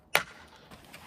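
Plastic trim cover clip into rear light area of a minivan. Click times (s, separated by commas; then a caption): 0.1 s. A plastic trim cover clip is pushed back into the rear light area of a 2015–2021 Kia Sedona minivan. It gives a sharp, bright snap at 0.15 s and then a faint tick near 0.94 s. The clip is seated.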